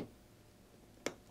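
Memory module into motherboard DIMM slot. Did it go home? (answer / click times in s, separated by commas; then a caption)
yes / 1.1 s. A memory stick is pressed straight down into a motherboard DIMM slot until the two side retention tabs snap in. After a quiet stretch, a single sharp click lands at 1.1 s, and the RAM module is seated.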